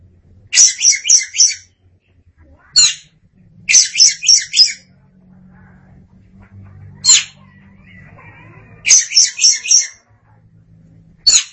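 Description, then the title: Oriental magpie-robin phrases of four fast, grating syllables alternating with single sharp notes, over a low background hum. "Suara Kicauan Burung Kacer Durasi Panjang"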